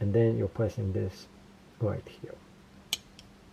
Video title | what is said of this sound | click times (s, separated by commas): Leatherman Signal Aqua Review & All Tools Demo | you hear the snap and you get it out | 2.9 s